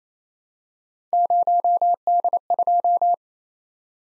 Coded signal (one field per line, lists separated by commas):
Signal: Morse code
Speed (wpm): 28 wpm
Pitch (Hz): 700 Hz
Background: none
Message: 0D2